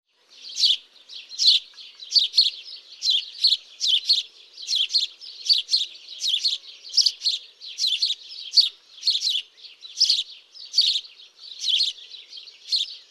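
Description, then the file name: House sparrow giving repeated cheeping chirps, roughly one or two per second in an unbroken run, bright and harsh, with a quiet background. "Passer domesticus"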